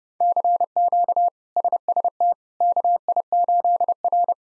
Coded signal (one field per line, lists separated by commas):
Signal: Morse code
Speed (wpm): 32 wpm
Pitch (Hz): 700 Hz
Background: none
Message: CQ SST KI8R